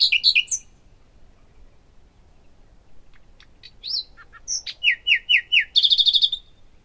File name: nightingale song